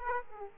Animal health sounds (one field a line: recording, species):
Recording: mosquito wingbeat signal from an infrared sensor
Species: Aedes aegypti